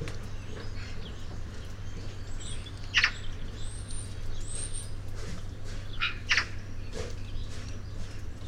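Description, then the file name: Eurasian magpie harsh calls: a short rasping burst near three seconds, then a double chattering burst around six seconds, with thin high whistles from other birds and a steady low hum. "Pica pica"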